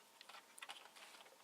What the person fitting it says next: I heard it click. You heard it click?